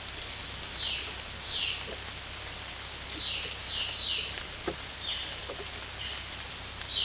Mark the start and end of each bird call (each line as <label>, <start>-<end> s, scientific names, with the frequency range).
Cyanocorax violaceus (1.9-9.2 kHz), 0.72-1.79 s
Cyanocorax violaceus (2.0-9.3 kHz), 3.12-4.29 s
Cyanocorax violaceus (2.2-8.9 kHz), 5.01-5.32 s